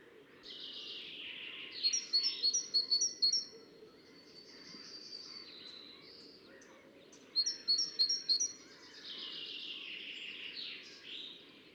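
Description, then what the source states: Great tit song: two runs of quick, high repeated notes, with a broad rushing noise in the background. Assistens Cemetery.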